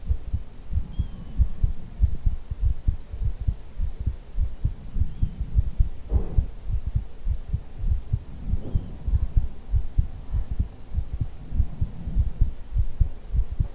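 Steady, deep, muffled thumping of an adult heartbeat runs throughout, heard close up as if with the head held against the chest in a hug. Two brief soft airy bursts of ear blowing break in midway.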